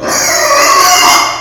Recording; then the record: squeal of a Yucatan mini pig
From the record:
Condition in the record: before surgery on the right vocal fold (resection and tissue-engineered implant); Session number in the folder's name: 2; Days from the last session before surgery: 0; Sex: male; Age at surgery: 12 weeks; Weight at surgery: 13 kg